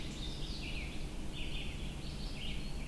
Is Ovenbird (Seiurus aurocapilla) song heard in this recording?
no